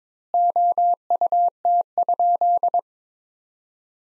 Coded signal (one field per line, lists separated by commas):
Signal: Morse code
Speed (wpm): 21 wpm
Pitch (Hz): 700 Hz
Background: none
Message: OUT?